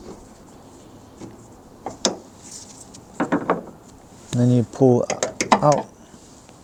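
On a 2004-2016 Nissan Armada, a flat screwdriver pries the metal retaining clip out of the top socket of the hood strut so the strut can come off its ball stud. A sharp metallic click is heard at 2.1 s, followed by a few lighter taps around 3.2 to 3.5 s, and then someone talks. The clip is released from the strut socket.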